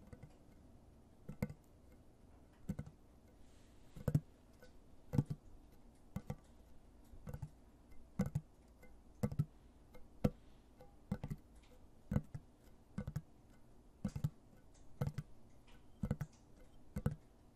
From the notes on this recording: Soft and hard tapping with nails and finger pads